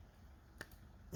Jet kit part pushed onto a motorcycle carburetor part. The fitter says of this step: push until you guys hear that click push until you hear the click and it's in so